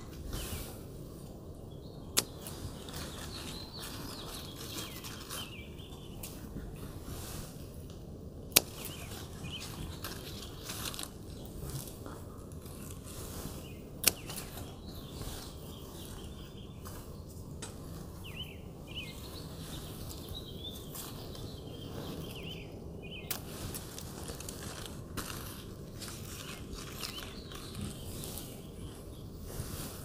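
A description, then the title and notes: Outdoors in a patio garden, a steady low hum of background noise runs throughout while birds chirp and call faintly in the mid-high range, fairly constant with small flurries. A few sharp clicks or snaps stand out around 2, 9 and 14 seconds. Harvesting Grape Leaves from Our Patio Garden.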